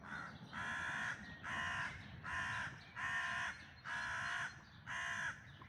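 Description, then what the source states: Bird calling with six evenly spaced, harsh cawing notes about once a second, accompanied by a faint low background rumble. Recorded during a dawn chorus in May 2026.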